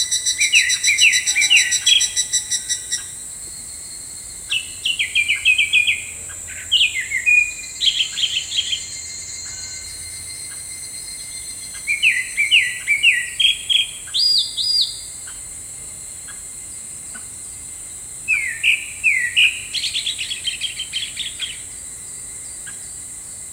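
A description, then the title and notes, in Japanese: Evening cicadas and birds at summer dusk: bursts of bright, repeating chirps every few seconds over a steady, high insect hum. 八ヶ岳の夏の夕暮れ〜ひぐらしと鳥のうた。家のバルコニーから聴こえる音です。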